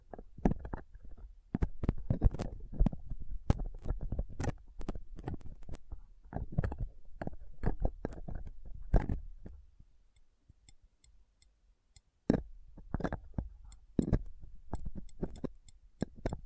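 Rough picking and scraping against a microphone with a dental pick, tweezers and a cotton swab. Dense bursts of sharp clicks and scratchy rubs with heavy low thumps fill most of the clip. A near-silent gap falls around 10 to 12 seconds, then the scratching resumes in sparser clusters.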